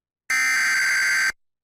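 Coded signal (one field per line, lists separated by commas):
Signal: Emergency Alert System (SAME) tones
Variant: header bursts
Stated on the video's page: Required monthly test and severe thunderstorm warnings received on TV, with audio monitored from a relay network.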